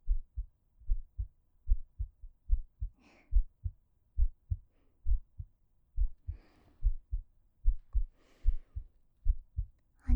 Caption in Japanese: 心臓の音。